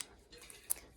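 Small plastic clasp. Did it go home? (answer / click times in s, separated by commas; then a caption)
yes / 0.7 s. A strap clasp on a cropped top is turned sideways and fitted back into its mating half. A few sharp ticks sound over quiet background noise, and the loudest, at 0.7 s, is where the clasp clicks back in and seats.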